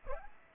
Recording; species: mosquito wingbeat signal from an infrared sensor; Aedes aegypti